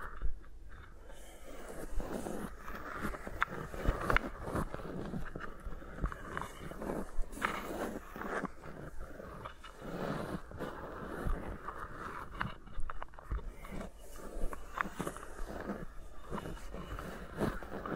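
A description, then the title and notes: Fingers rub and scratch around microphones in a steady, dense stream of crackling, rustling friction, with no voice. Sharper taps and pops break through every few seconds, near 4, 7, 13 and 15 seconds, over a soft low rumble. ASMR with Mics Around My Fingers (No Talking).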